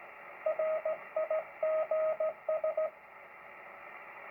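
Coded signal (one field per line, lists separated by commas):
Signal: Morse code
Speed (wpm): 16 wpm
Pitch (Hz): 630 Hz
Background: radio noise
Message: RIGS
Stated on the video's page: Morse from an older radio with the BFO hard to set, fed to a USB-charged decoder module that is very critical on signal.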